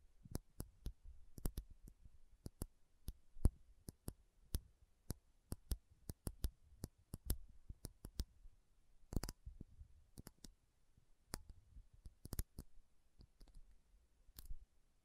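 Metal is tapped slowly and unevenly, each strike a sharp, bright click that dies away almost at once. The taps come about one or two per second with irregular gaps, some landing in quick pairs, over a faint low rumble.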